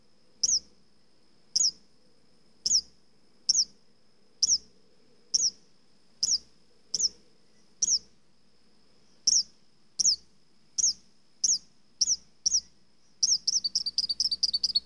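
Mockingbird song of high, sharp chip notes repeated roughly once a second, ending in a rapid stuttering burst; a thin steady high tone runs underneath.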